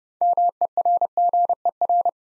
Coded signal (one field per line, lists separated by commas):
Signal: Morse code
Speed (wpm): 29 wpm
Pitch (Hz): 700 Hz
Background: none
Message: MERGER